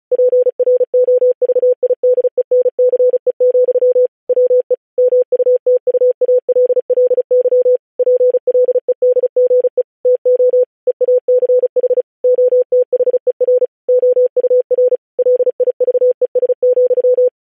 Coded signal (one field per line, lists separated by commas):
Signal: Morse code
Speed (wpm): 36 wpm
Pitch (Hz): 500 Hz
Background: none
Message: PROVIDENCE, WE MUTUALLY PLEDGE TO EACH OTHER OUR LIVES,